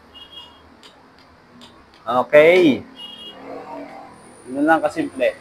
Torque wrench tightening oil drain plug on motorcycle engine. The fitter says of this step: Pag narinig niyo yung click, okay na.